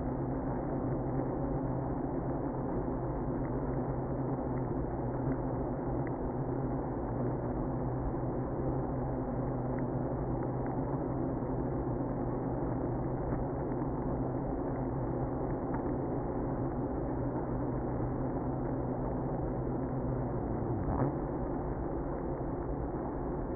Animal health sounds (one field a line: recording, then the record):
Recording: honeybee colony, microphone inside the hive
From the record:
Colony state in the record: queenless (queen removed)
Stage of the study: after two queens were removed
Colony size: about 60,000 bees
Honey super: yes